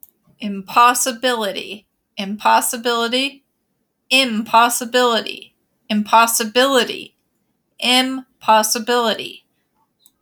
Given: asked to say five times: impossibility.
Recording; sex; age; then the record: repeated word; female; 40 to 49 years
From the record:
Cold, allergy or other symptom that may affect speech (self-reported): no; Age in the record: 46 years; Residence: Utah, United States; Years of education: 17